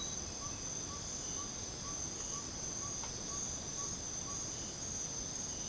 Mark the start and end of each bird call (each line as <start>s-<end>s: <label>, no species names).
0.37s-4.42s: bird call